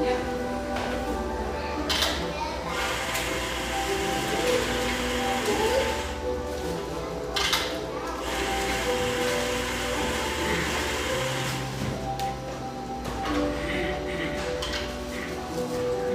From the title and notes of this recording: Our final Portland recording session (for now) takes place in this industrial-aesthetic cafe in Portland's pictureesque Grant Park neighborhood.